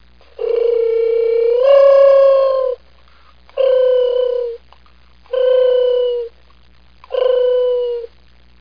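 Mourning dove cooing: a long soft coo that lifts into a held higher note, then three shorter, steady, slightly falling coos, over a low steady hum.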